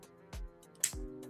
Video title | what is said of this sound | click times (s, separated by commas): LEGO Building Q&A and Hangout Livestream #6 | Oh, that's a nice satisfying snap into place. | 0.8 s